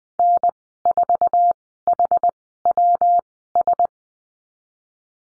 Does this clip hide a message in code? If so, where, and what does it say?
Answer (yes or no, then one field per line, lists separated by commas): yes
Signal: Morse code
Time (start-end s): 0.2-3.9 s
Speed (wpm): 21 wpm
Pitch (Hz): 700 Hz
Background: none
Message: N4HWS